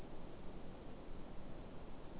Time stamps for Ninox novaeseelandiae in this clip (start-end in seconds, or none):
none